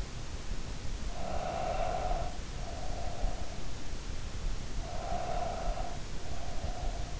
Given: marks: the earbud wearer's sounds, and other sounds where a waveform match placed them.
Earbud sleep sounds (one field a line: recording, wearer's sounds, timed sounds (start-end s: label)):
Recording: sounds in sleep by an in-ear microphone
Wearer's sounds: breath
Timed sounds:
0.81-3.51 s: breath
4.64-7.20 s: breath